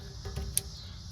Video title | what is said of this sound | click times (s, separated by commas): Lexus Rx 350 ( 2016-2022) rear brake pads replacement with EPB | you hear the sound. Click. | 0.6 s